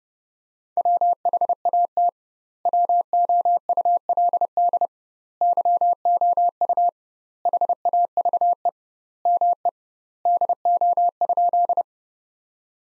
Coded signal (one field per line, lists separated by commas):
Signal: Morse code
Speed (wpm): 30 wpm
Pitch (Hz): 700 Hz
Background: none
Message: WHAT WOULD YOU HAVE ME DO?